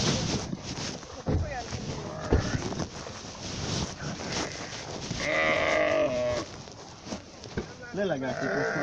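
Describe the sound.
A sheep gives a long, quavering bleat, then another shorter bleat follows, wavering in pitch over steady rumbling background noise with faint voices mixed in.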